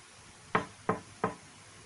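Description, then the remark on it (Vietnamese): Three evenly spaced knocks on a room door, sharp and fairly loud, each with a short decay, with no voices present. “Có tiếng gõ cửa phòng rồi, Hàng Long Phi đẩy cửa đi vào.”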